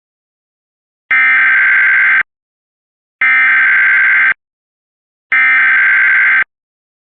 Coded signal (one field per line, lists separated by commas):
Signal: Emergency Alert System (SAME) tones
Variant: header bursts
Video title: (FOUND SAFE) CAE (Amber Alert) For Maryland (10/10/24. EAS #72 - EAS #73. {MSP & WTOP Audio})